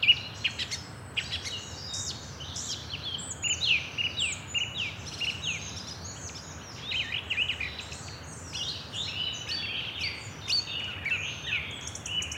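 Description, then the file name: Birds singing, a busy mix of high chirps, twitters and short trills over a steady low background hiss. "oiseaux"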